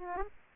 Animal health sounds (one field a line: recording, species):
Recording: mosquito wingbeat signal from an infrared sensor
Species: Aedes aegypti